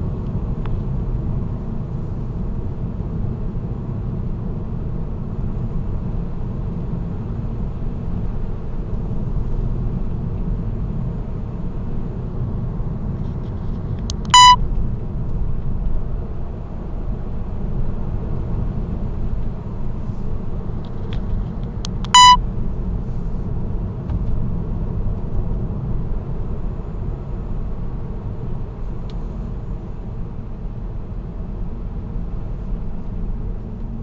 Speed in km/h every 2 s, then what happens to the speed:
60, 56, 57, 58, 62, 63, 60, 59, 61, 63, 61, 60, 62, 62, 58, 55, 50.
3-9 speeds up to 63. 9-26 steady at about 61. 26-34 slows to 50.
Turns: none.